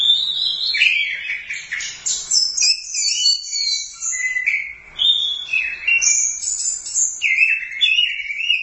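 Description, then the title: Thrush delivering a continuous, varied warble of high, slurred whistles and chattering notes, barely pausing. "burung anis x"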